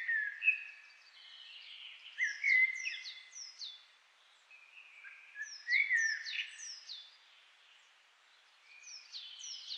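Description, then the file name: Common blackbird singing low, mellow whistled phrases at intervals, along with series of high, descending notes. "Turdus merula"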